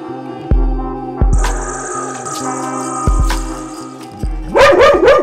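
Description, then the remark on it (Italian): A dog barks several times in quick succession at the end, following deep rhythmic thumps and a sustained high tone in the background. “Certo che si abbai però, eh.”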